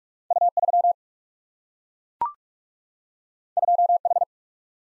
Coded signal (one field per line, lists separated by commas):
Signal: Morse code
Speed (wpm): 38 wpm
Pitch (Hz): 700 Hz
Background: none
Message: U 3 2 H